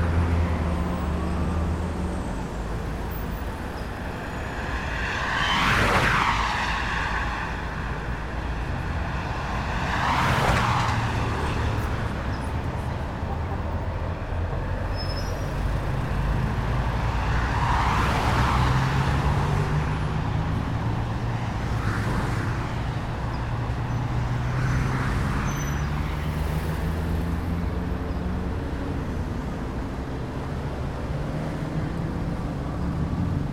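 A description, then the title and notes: Steady city car traffic rumbles low and continuous, with individual vehicles swishing past about every four to eight seconds, near 6, 10, 18, 22 and 26 seconds. Engine hums rise and fall underneath, and a few faint squeaks sit in the background. White Noise of City Traffic. Gentle car traffic.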